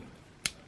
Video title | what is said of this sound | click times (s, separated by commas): SH Figuarts Ultraman Suit ver. 7.2 Figure Review | good that's what you want you just want to hear click and it stops there | 0.5 s